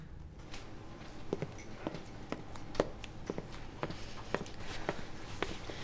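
A steady series of about a dozen footsteps as someone walks into an office, each step a crisp, moderately loud tap over a low background hum, with no talking.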